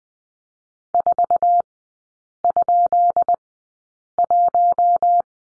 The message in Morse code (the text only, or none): 4?1